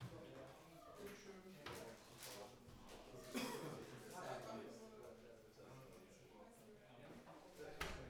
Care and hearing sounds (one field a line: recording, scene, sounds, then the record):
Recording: everyday scene through a hearing-aid microphone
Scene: many people talking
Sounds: many voices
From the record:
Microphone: behind the ear, right, front